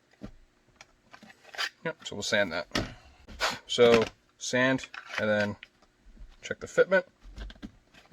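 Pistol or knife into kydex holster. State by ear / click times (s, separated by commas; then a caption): not seated / none. After sanding, a pistol or knife is pushed into a custom kydex holster to check the fit, and it does not snap into retention. Someone talks throughout, with short sharp sounds at about 0.8 s and 7.5 s, but nothing has clicked or seated yet. The item fails to click into the kydex holster.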